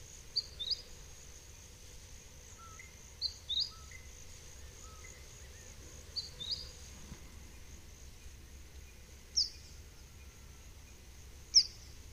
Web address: sound Mistletoebird. صدای-پرنده-مرغ-دارواش